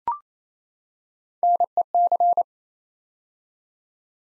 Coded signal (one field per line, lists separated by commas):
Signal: Morse code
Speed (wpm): 29 wpm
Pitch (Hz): 700 Hz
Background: none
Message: NEC